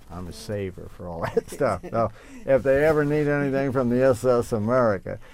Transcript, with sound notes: I'm a saver for all that (laughs) If they ever need anything from the S.S. America.